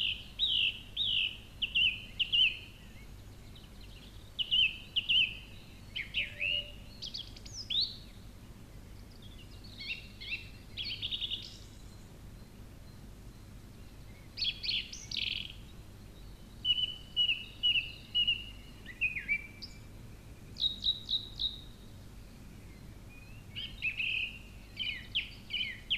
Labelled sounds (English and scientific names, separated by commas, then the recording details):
Song Thrush (Turdus philomelos) song
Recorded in the wild
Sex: male
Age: adult
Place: Treffen am Ossiacher See, Ossiachersee, Kärnten, AT
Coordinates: 46.67, 13.942
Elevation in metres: 550
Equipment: Hornyphon, Phillips Mikrofon
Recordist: Brunner, Thomas
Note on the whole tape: Nach Ostern 1960, unterhalb der Hansbauerhalt aufgenommen. Beginn der Aufnahme evtl